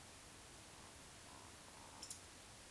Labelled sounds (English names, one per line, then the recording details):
Eurasian Woodcock whistle
Eurasian Woodcock croak
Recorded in Baden-Württemberg, Germany, on 19 June 2020 at 20:04 UTC
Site 49006, 684 m above sea level